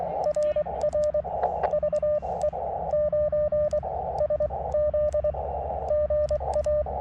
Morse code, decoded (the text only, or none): RR VE9SZ GA